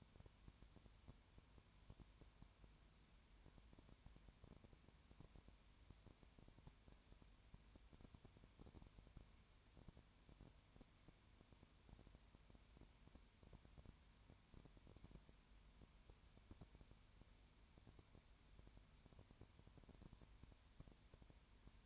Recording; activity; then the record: daily activity, microphone in the room; no activity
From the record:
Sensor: 2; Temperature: 20.3 degrees Celsius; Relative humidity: 33.8%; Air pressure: 1003.1 hPa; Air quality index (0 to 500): 82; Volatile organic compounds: 1 ppm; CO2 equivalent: 779 ppm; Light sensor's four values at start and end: 2/3/2/2 and 2/3/2/2